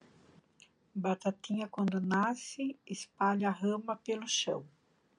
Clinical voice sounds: short text; Brazilian Portuguese; female; 50 to 59 years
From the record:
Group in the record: control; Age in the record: 53 years

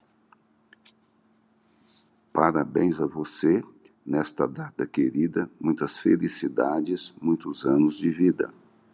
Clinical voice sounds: short text; Brazilian Portuguese; male; 60 to 69 years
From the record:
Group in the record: control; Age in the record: 67 years

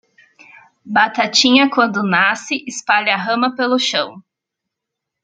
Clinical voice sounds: short text; Brazilian Portuguese; female; 30 to 39 years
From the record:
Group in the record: control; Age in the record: 38 years

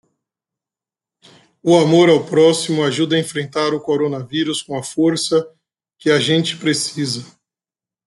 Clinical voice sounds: spoken sentence; Brazilian Portuguese; male; 40 to 49 years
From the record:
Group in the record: control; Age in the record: 40 years

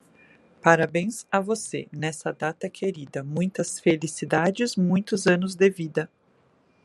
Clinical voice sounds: short text; Brazilian Portuguese; female; 40 to 49 years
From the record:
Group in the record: control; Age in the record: 46 years

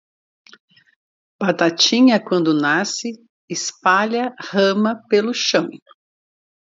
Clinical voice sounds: short text; Brazilian Portuguese; female; 50 to 59 years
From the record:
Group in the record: control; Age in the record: 58 years

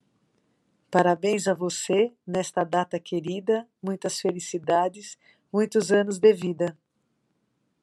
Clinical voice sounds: short text; Brazilian Portuguese; female; 60 to 69 years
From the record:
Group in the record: control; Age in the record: 60 years

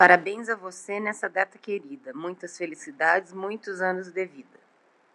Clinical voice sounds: short text; Brazilian Portuguese; female; 30 to 39 years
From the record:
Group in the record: control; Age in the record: 32 years

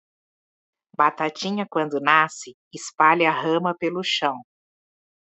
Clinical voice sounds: short text; Brazilian Portuguese; female; 50 to 59 years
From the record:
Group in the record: control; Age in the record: 52 years

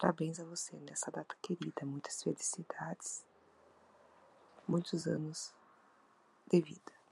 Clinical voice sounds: short text; Brazilian Portuguese; female; 40 to 49 years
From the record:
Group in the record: control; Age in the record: 40 years

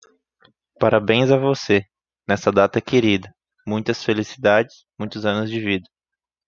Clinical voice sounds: short text; Brazilian Portuguese; male; 20 to 29 years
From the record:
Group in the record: control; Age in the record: 23 years

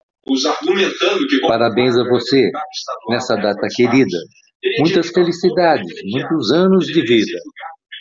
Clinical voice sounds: short text; Brazilian Portuguese; male; 70 to 79 years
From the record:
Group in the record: control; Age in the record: 71 years

